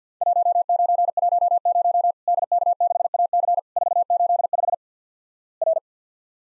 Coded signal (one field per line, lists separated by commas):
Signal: Morse code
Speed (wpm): 49 wpm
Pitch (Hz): 700 Hz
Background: none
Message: 1910 DK6AC 485 R